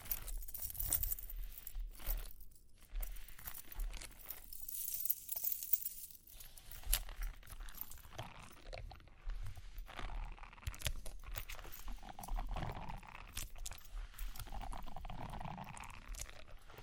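Tapping, scratching and ear-cleaning rustles, with bright jingling early on and dense crunchy scraping later, over a low steady rumble throughout.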